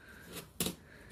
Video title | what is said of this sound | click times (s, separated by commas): How To Replace The Distributor On A 2000 Honda Accord!!! | pops right in put this in a better angle so we can get the little bolt | 0.6 s